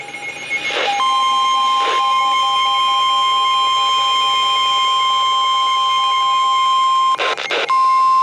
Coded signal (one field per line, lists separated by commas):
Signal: Emergency Alert System (SAME) tones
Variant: 1050 Hz attention tone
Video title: NWS Paducah On Speed | EAS Alerts From 3/30/2025 (EAS #2,741-2,771)